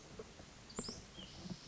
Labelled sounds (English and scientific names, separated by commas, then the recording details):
White-breasted Nuthatch (Sitta carolinensis)
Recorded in Sonoma County, California